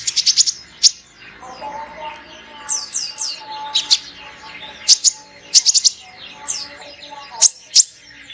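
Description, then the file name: Sunbird calls: clipped high chirps in quick groups, interspersed with downslurred whistled notes and soft lower warbling. Lure sound used to attract birds. "suara burung kolibri pikat"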